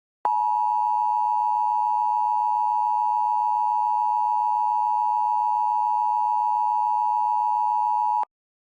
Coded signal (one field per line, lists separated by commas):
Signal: Emergency Alert System (SAME) tones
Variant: 853 and 960 Hz attention tone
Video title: TRANSMISSION - EAS/Digital Horror